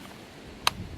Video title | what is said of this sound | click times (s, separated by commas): TOPS Silent hero | Yeah, hear that? | 0.7 s